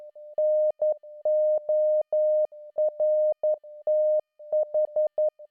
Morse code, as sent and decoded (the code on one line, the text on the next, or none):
-. --- .-. - ....
NORTH